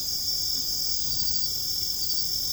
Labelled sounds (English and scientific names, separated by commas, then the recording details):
none
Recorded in secondary vegetation near Puerto Asís, Putumayo, Colombia, on 22 December 2024 at 21:00
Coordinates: 0.468, -76.324
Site G095